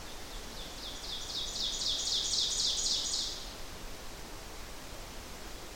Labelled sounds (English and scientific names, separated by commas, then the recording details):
Ovenbird (Seiurus aurocapilla) song
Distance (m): 30 m
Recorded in boreal forest in Alberta, Canada, on 12 June 2016 at 07:16
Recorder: SongMeter 3, array SBT-3-18
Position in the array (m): 240 m, 83 m
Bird 31